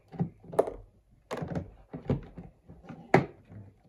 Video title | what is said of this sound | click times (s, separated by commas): Bumper Car Assembly…For beginners | You heard the click, and now we're putting screws in. | 3.1 s